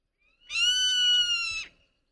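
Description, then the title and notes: Zone-tailed Hawk giving a single long, level, whistled scream. "BirdNote: The Zone-tailed Hawk"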